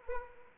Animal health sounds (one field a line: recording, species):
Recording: mosquito wingbeat signal from an infrared sensor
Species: Anopheles arabiensis